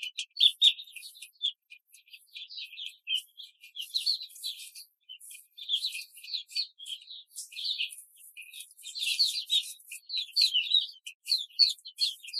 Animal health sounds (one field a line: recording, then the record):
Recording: young laying hens in a cage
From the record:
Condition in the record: control cage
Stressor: none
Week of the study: 5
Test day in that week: 1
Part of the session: 3